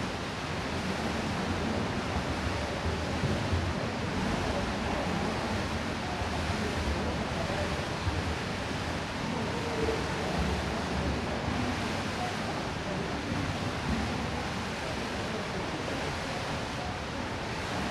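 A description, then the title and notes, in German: Water in an indoor swimming pool, heard as a steady, dense wash of splashing and lapping with no pauses. Faint murmuring voices seem to sit beneath the constant hiss, and the level stays even throughout with only small flickers of louder splashes. Beruhigende Echos im Hallenbad - Setz dich an den Beckenrand und Lausche dem Rauschen. Lass dich von den sanften Echos des Wassers, dem rhythmischen Plätschern und dem harmonischen Weißrauschen umgeben.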